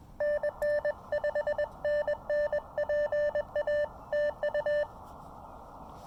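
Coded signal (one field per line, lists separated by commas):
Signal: Morse code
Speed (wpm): 20 wpm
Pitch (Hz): 590 Hz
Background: none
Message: NN 5NN PA TU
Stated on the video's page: Park activation on the Blue Ridge Parkway with an Elecraft KX2 and CHA MPAS Lite antenna.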